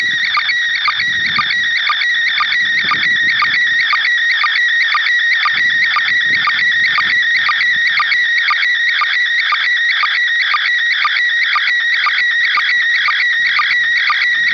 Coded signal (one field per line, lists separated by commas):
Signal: SSTV (slow-scan television)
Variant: PD 120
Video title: ISS-SSTV Images received over Exeter IO80GR on 8 Dec 2017 16:32 UTC